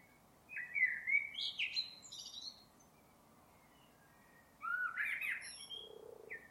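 Bird calling with rapid varied whistled and chirping notes in two clusters a few seconds apart, over a low steady background hiss.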